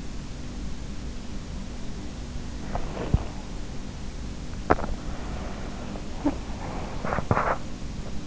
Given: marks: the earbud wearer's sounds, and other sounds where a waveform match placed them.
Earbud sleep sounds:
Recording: sounds in sleep by an in-ear microphone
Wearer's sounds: body movement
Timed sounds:
2.64-8.24 s: body movement

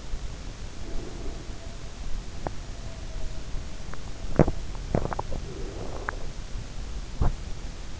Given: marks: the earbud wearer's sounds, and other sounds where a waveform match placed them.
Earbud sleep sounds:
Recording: sounds in sleep by an in-ear microphone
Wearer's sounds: breath, swallowing, teeth grinding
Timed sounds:
0.00-2.06 s: breath
0.72-4.75 s: sound from someone else or the room
2.31-6.69 s: swallowing
5.23-6.38 s: breath
7.14-7.45 s: teeth grinding

